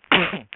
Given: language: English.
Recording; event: throat vibration sensor signal played as sound; cough